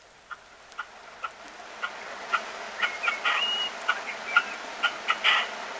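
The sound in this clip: Red-legged partridge calls: short sharp notes repeated about twice a second, interspersed with a few harsher, louder bursts, over a steady background hiss.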